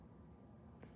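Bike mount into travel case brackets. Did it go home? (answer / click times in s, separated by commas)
yes / 0.8 s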